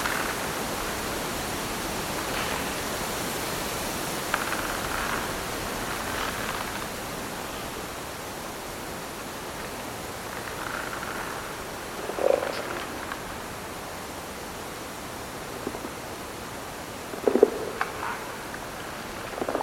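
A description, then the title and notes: Trees creak in a steady wind that rushes evenly through the whole recording. Short, low groaning creaks stand out around the twelve-second mark and again near seventeen seconds, with fainter squeaks and rustles scattered earlier. Trees Creaking in the Wind: Nature Soundscape. Find peace in a forest with trees creaking on a windy day.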